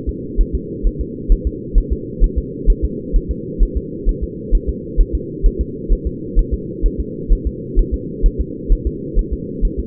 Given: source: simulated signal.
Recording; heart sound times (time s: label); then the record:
fetal heart sounds
0.09 s: S2
0.41 s: S1
0.55 s: S2
0.87 s: S1
1.01 s: S2
1.32 s: S1
1.47 s: S2
1.78 s: S1
1.92 s: S2
2.24 s: S1
2.38 s: S2
2.70 s: S1
2.84 s: S2
3.16 s: S1
3.31 s: S2
3.63 s: S1
3.77 s: S2
4.09 s: S1
4.23 s: S2
4.55 s: S1
4.69 s: S2
5.01 s: S1
5.15 s: S2
5.46 s: S1
5.61 s: S2
5.92 s: S1
6.07 s: S2
6.39 s: S1
6.54 s: S2
6.86 s: S1
7.00 s: S2
7.33 s: S1
7.47 s: S2
7.79 s: S1
7.94 s: S2
8.26 s: S1
8.41 s: S2
8.73 s: S1
8.87 s: S2
9.19 s: S1
9.33 s: S2
9.65 s: S1
9.80 s: S2
From the record:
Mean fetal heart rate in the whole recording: 130 bpm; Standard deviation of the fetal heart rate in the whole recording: 2 bpm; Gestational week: 38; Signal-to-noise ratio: -4.1 dB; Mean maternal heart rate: no maternal heart sound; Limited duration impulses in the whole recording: absent